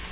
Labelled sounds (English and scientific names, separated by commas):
Bay-breasted Warbler (Setophaga castanea) flight call